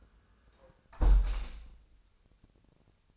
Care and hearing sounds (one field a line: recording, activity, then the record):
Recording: daily activity, microphone in the room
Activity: close window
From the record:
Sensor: 2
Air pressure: 1000.3 hPa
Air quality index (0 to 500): 162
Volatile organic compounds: 3 ppm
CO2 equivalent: 1347 ppm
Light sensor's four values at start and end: 11/30/12/14 and 11/30/11/13